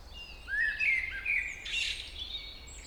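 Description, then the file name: Common blackbird with a brief rising fluty whistle followed by a rushing, squeaky high twitter. "Turdus merula"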